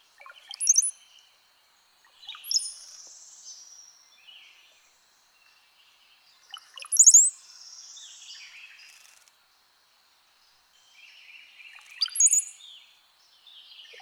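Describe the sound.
Brown-headed cowbird song: gurgling notes, then a thin, very high whistled spike, given four times at irregular intervals, with soft chatter between.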